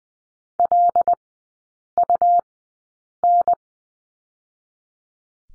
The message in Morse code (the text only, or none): LUN